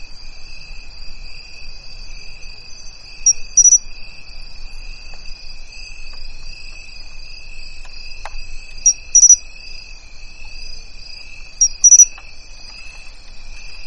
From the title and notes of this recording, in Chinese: 干枯竹林里的蟋蟀 频率1+3次 大自然声音。